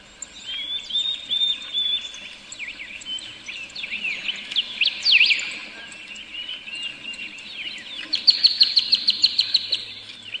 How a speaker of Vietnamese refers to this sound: Đấy, mình thấy cái tiếng nước chảy, tiếng chim hót, cái tiếng gió nó thổi nhẹ nhẹ qua những tàn cây